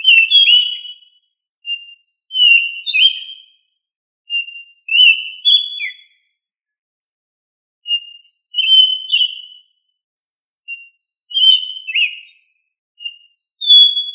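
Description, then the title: Thrush song in varied whistled phrases, mixing clear notes and rapid high trills, separated by short pauses. "Familia Turdidae - Sabia"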